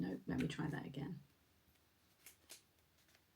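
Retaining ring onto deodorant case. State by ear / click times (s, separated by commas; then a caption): seated / 2.3 s, 2.5 s. A plastic retaining ring is pushed down over a deodorant refill cartridge and twisted slightly on a second try after someone talks. Two small clicks are heard at 2.3 s and 2.5 s as the ring locks into place on the deodorant case.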